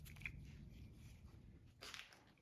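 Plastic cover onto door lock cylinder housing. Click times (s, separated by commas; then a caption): 0.3 s. While reinstalling the front door lock cylinder on a 2007-2021 Toyota Tundra, the hook on a small plastic cover is lined up and the cover is pushed over onto the cylinder. A sharp click at 0.3 s marks the cover seating in place, followed by a brief, softer burst of noise around 1.8 s.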